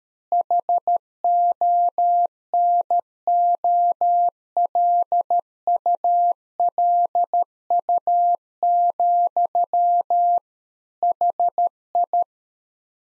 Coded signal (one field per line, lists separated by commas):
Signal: Morse code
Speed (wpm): 13 wpm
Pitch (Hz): 700 Hz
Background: none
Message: HONOLULU, HI